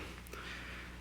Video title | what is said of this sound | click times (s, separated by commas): Guerlain L'homme Ideal EDT FRAGRANCE REVIEW | garland logo on the top does click into place | 0.3 s